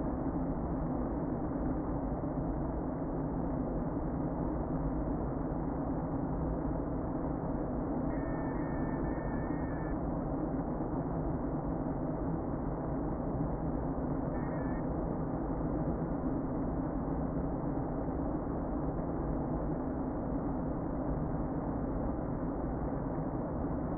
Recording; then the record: honeybee colony, microphone inside the hive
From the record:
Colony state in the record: queen present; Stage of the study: before two queens were removed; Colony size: about 60,000 bees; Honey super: yes